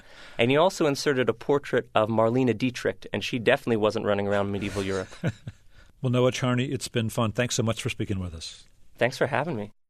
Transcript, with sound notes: And he also inserted a portrait of Marlene Dietrich, and she definitely wasn't running around medieval Europe.
(Laughter). Well, Noah Charney, it's been fun. Thanks so much for speaking with us.
Thanks for having me.